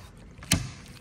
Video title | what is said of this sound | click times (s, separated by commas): Toyota Tacoma OEM to aftermarket TRD Pro grille camera bracket Install | kind of snap into place | 0.5 s